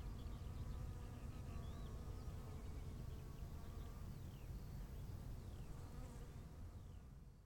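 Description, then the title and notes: Bees droning, a few thin bird notes scattered throughout, low wind rumble fading slightly toward the end. Bees at 15:15 on a field path to the Bruder-Klaus chapel in Wachendorf, with birds, wind and quiet. "wachendorf, feldweg. 15:15 feldweg zur bruder-klaus-kapelle, bienen, vögel, wind, stille"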